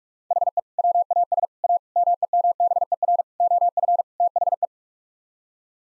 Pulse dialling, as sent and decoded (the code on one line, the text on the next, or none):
none